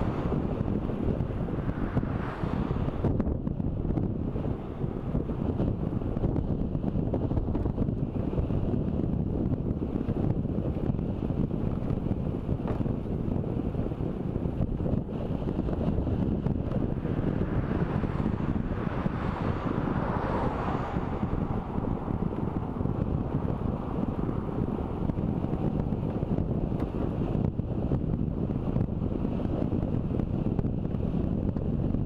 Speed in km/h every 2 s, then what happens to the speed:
24, 25, 25, 24, 24, 25, 24, 24, 24, 24, 24, 24, 25, 26, 27, 27.
0-32 steady at about 24.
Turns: none.